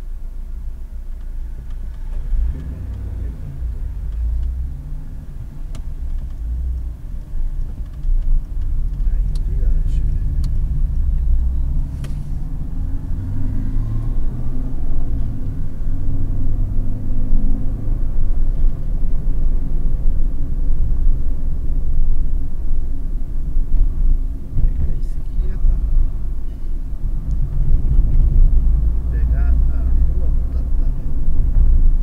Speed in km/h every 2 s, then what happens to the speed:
0, 5, 14, 10, 15, 23, 31, 43, 51, 48, 43, 36, 35, 36, 42, 44.
1-3 pulls away to 14. 7-16 speeds up to 51. 16-23 slows to 35. 26-29 speeds up to 44.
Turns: 6-12.